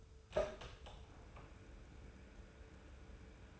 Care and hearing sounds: daily activity, microphone in the room; open door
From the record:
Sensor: 2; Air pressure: 1015.0 hPa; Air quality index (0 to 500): 143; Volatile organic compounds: 6 ppm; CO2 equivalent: 1851 ppm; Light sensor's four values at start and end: 13/35/14/15 and 13/35/14/15

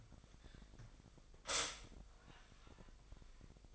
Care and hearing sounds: daily activity, microphone in the room; stop toaster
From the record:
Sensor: 5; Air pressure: 1002.1 hPa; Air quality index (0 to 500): 207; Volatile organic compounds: 20 ppm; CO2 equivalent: 2678 ppm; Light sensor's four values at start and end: 33/108/41/44 and 33/108/41/43

